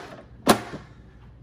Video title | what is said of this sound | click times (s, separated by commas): Roborock Q Revo Robot Vacuum and Mop spinning mop pads - Unboxing & Info | little dock plate that just literally Clicks in place | 0.5 s